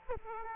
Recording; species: mosquito wingbeat signal from an infrared sensor; Culex quinquefasciatus